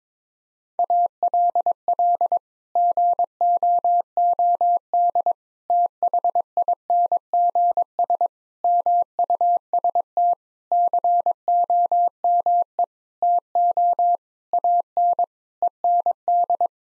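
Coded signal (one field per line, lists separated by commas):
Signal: Morse code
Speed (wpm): 21 wpm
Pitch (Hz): 700 Hz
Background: none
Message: ALL GOOD THINGS MUST COME TO AN END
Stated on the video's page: Morse code practice at 22 wpm: sentences built from common eight-word phrases, each sent, then spoken, then sent again, for head-copy training.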